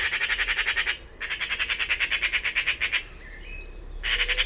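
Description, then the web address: Bird making a near-continuous rasping chatter of fast pulses, broken by a brief thin whistled note before the harsh bursts resume. "cianscape birddata Deverinetal 2025"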